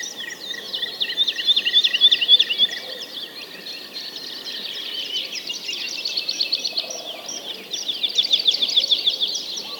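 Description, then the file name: Birds singing densely, with bursts of rapid repeated notes at the start and end and continuous high chattering in between. Many birds singing together. "Digiffects Sound Effects Library - Many Birds Singing"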